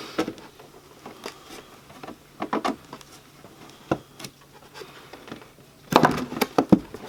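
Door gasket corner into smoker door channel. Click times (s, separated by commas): 6.0 s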